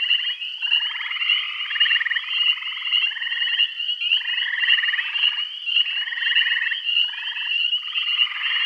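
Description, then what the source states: Frogs calling together in a dense chorus of rapid pulsed trills, several callers alternating over a constant high buzzing background. Bath County.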